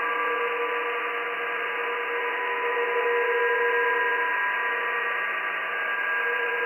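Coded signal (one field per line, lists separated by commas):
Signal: PSK31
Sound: steady radio hiss with several faint warbling steady tones at different pitches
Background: radio static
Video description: PSK31 Random Compilation using RTL2838/R820T SDR Dongle on 14 MHz HF with NooElec Upconverter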